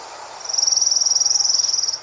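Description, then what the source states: Orange-crowned Warbler song: a high, fast, even trill of many notes lasting about one and a half seconds. Song confusingly similar to the dark-eyed junco's; bird seen and identification confirmed by the recordist.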